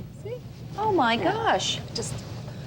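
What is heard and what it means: A dowel rod is handled as it is being fitted into its holder, which it snaps into, while someone talks excitedly over low background noise. Nothing has seated or clicked yet in this clip.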